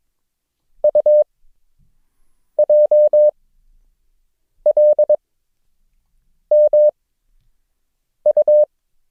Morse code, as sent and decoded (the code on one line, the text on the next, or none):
..- .--- .-.. -- ..-
UJLMU